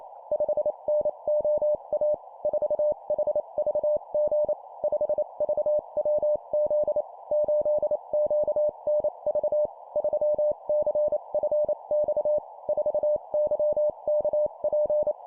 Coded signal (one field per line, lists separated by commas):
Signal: Morse code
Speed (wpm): 28 wpm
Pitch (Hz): 600 Hz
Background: none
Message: 5NOA 4HVG 5VWZ 8QNV 3CFX 4YKP